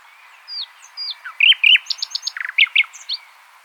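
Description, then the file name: Common nightingale song: a few thin downslurred whistles, then rich varied notes, quick repeated chips and loud, buzzy bursts in rapid succession. "Luscinia megarhynchos"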